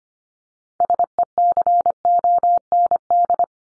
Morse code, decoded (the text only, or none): SECOND